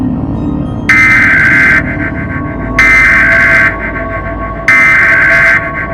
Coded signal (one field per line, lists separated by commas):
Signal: Emergency Alert System (SAME) tones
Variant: header bursts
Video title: EAS Scenario: Black Hole(1 year anniversary!)